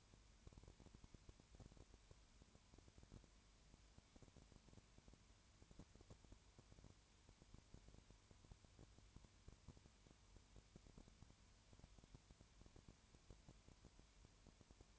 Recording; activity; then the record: daily activity, microphone in the room; no activity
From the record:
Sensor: 2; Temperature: 20.3 degrees Celsius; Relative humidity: 33.8%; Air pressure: 1003.2 hPa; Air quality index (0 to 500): 82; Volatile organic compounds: 1 ppm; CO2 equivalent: 786 ppm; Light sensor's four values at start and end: 2/3/2/2 and 2/3/2/2